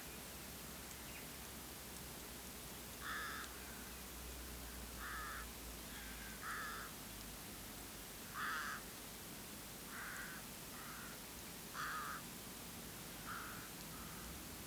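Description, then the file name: Rook giving harsh, hoarse caws, about eight single calls spaced irregularly one to two seconds apart over a steady low background hum. "vetesi-varju-hangja -vetesi-varju-Corvus-frugilegus"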